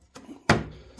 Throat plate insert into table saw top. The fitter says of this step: And this one locks in place.